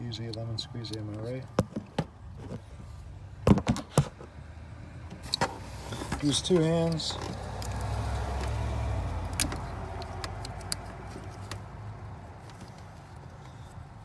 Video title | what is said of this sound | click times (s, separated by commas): LED headlight Bulb Install GX | this one's not clicking for some reason | none